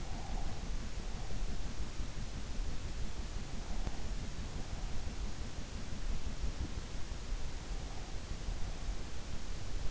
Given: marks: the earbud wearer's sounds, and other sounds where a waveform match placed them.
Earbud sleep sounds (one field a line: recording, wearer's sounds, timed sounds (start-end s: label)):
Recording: sounds in sleep by an in-ear microphone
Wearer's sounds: breath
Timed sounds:
0.00-1.70 s: breath
3.55-5.28 s: breath